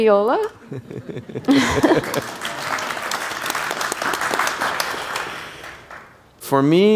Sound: applause

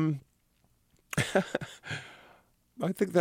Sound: laughter

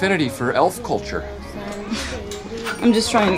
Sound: soundbite of laugh

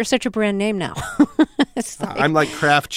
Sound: soundbite of laughter

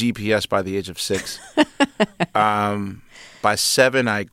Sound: laughter

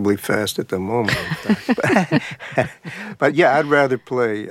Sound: laughter

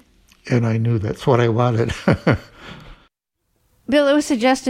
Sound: laughter

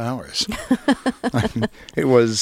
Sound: soundbite of laughter

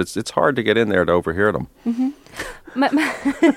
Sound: laughter

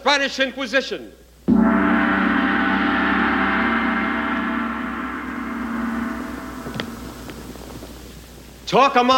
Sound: soundbite of gong

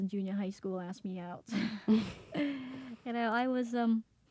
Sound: laughs

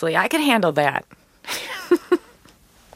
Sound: laughter

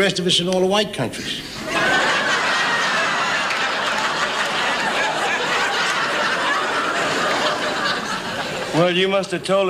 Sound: laughter

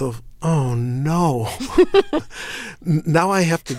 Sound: soundbite of laughter

